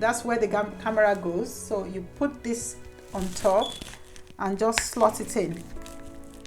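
A clear, hard plastic protective case is slotted over a Samsung Galaxy S20, with its cutout lined up on the camera, while someone talks over background music. Soft handling sounds and two brief sharp ticks come at 5.9 s and 6.5 s, but the case has not yet snapped on, and nothing has seated or clicked by the end.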